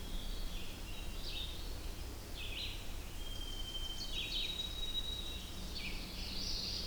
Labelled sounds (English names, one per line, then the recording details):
Red-eyed Vireo song
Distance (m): 60 m
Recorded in boreal forest in Alberta, Canada, on 21 June 2016 at 06:04
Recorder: SongMeter 3, array SBT-6-81
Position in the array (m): 45 m, 210 m